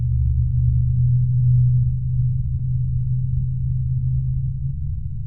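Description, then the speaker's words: Blue whale song: a deep, steady, low-pitched moan held for several seconds, with only a faint click midway, and no other sounds. Blue whale of the northern Indian Ocean population living around the shores of Sri Lanka. "this is the sound of a northern Indian Ocean blue whale."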